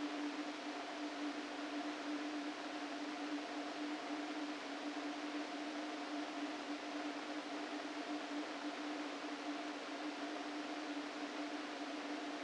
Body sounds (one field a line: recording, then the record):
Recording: brain microelectrode recording played as sound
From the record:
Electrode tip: outside the subthalamic nucleus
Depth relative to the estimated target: 3 mm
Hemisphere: right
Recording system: NeuroSet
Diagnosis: Parkinson's disease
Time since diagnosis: 13 years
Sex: male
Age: 49 years